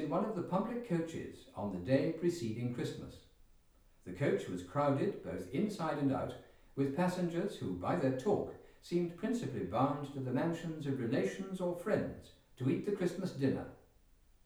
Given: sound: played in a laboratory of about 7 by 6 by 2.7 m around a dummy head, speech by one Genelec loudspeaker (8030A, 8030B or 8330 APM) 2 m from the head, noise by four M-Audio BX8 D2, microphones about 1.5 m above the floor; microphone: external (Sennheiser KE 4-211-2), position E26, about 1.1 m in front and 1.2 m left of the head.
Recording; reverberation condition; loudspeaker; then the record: male speech in English; medium; 150 degrees to the right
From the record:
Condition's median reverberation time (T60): about 510 ms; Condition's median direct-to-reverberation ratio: about -0.5 dB